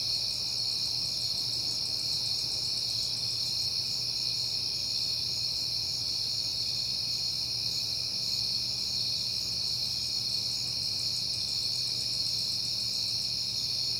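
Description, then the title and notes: Crickets chirping in a dense, steady high-pitched chorus with layered continuous trills and no pauses, over a faint low hum. Crickets on a peaceful night in September. "Night Time: Crickets and Passing Cars. It is September and I have been hearing the crickets a lot"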